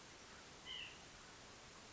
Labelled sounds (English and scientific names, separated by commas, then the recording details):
White-breasted Nuthatch (Sitta carolinensis)
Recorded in Sonoma County, California